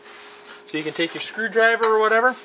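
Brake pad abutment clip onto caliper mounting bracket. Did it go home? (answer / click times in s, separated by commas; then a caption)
no / none. Someone talks while handling a metal brake pad abutment clip on the caliper mounting bracket of a 2001 Dodge Grand Caravan, readying a screwdriver to strike it down onto the bracket landing. Nothing has seated yet, and no click is heard.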